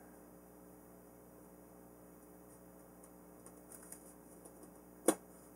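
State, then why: Seated. A snap-in plastic part is centered on the foam FMS 1700 mm F4U Corsair V3 RC warbird and pushed in. A few faint ticks come before a single sharp click at 5.1 s as the part seats home.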